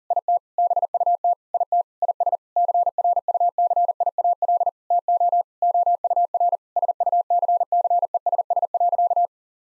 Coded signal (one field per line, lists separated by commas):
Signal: Morse code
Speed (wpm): 40 wpm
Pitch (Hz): 700 Hz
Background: none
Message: IT BUT IT IS CRUCIAL TO OUR SUCCESS.